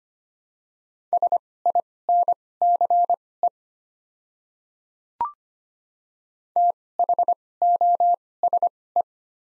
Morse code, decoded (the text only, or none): SINCE THOSE